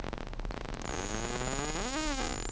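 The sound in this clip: Whale calls: wavering harmonic tones that slide upward in pitch and bend near the end, over heavy background noise.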